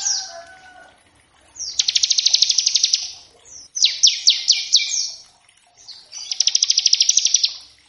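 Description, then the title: Bar-winged prinia song: two long, loud, buzzy rattling trills with a fast run of downward-slurred chirps between them. Lure and tutor recording of energetic ngebren-style song variations, used to coax the bird into singing and as a master for other cage birds. "Masteran Ciblek Gacor Vs Kenari Gacor Untuk Masteran Semua Jenis Burung. Ciblek ngebren variasi masteran & pancingan ciblek. Burung Ciblek"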